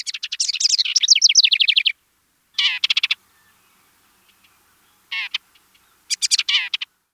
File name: house wren